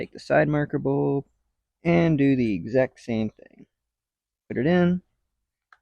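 Someone talks while putting an LED side marker bulb socket into the side marker lamp housing of a 1986 GMC C1500 High Sierra and twisting it until it locks. A single short tick is heard at 5.7 s as the socket seats.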